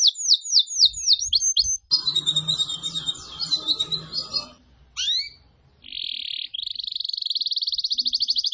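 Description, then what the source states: Canary song of rapid repeated high chirps and trills, switching between fast descending notes, buzzy rolls and a long steady trill, with low soft thumps underneath. Lure call for bird-trapping.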